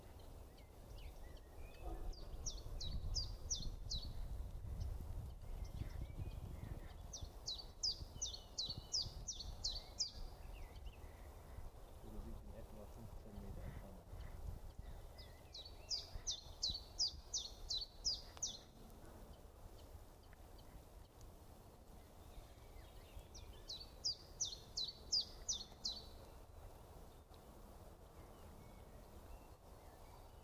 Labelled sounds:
Common Chiffchaff (Phylloscopus collybita) song

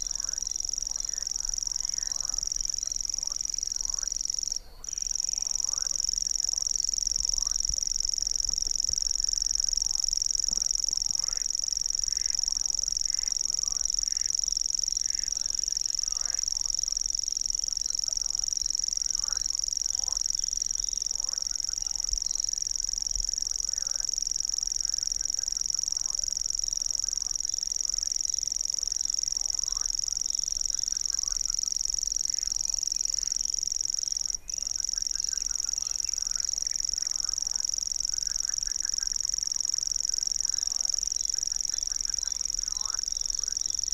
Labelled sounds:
Common Grasshopper Warbler (Locustella naevia) song

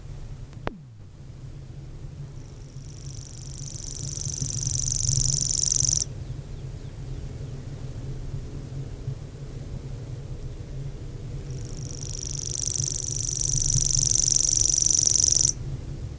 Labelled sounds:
Common Grasshopper Warbler (Locustella naevia) song

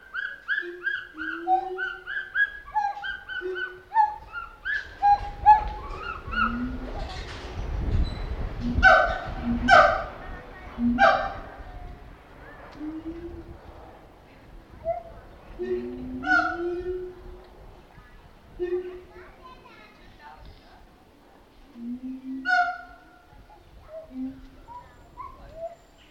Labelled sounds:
Pileated Gibbon (Hylobates pileatus)

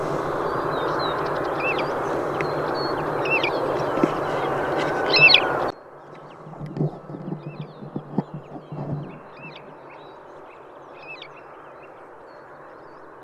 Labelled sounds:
Wood Lark (Lullula arborea)

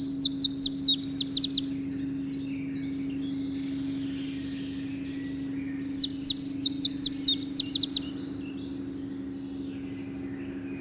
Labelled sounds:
Greenish Warbler (Phylloscopus trochiloides) song

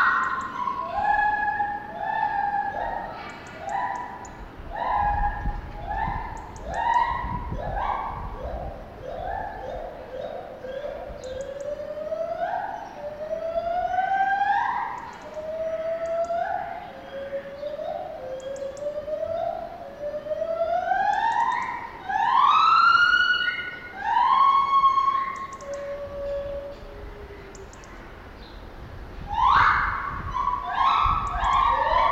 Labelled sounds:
Lar Gibbon (Hylobates lar)

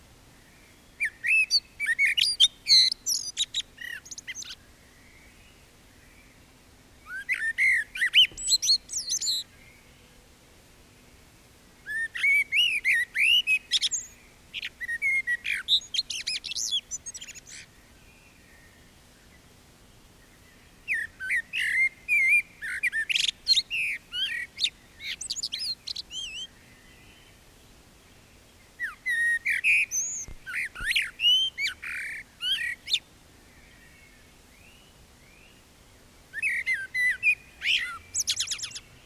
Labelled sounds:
Common Blackbird (Turdus merula) song

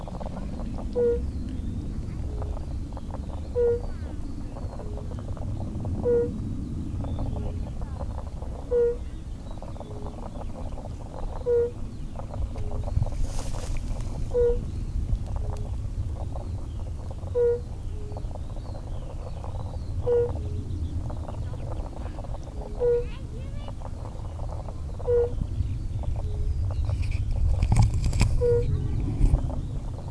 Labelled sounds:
Fire-Bellied Toad (Bombina bombina) call

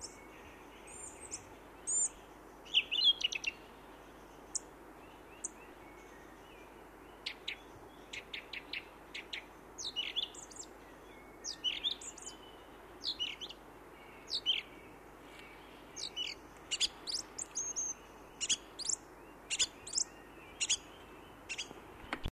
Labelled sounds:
Song Thrush (Turdus philomelos) song

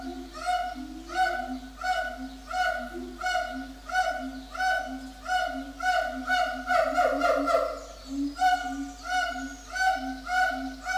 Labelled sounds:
Siamang (Symphalangus syndactylus)

